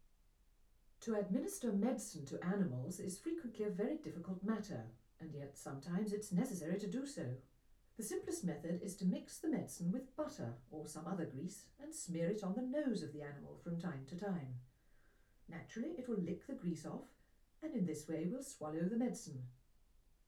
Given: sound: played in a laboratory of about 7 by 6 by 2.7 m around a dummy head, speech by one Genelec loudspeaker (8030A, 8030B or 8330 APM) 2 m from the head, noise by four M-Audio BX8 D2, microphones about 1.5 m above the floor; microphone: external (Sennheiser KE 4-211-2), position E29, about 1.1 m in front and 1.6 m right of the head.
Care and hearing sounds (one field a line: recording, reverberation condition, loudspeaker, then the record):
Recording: female speech in English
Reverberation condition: low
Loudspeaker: 150 degrees to the right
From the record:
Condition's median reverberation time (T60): about 310 ms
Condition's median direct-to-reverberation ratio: about 3.5 dB